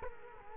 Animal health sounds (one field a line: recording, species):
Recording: mosquito wingbeat signal from an infrared sensor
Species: Culex quinquefasciatus